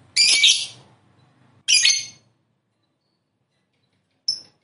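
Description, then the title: Lovebird squawks: two loud, harsh, shrill bursts about one and a half seconds apart, followed by a brief squeak near the end. "Suara Lovebird"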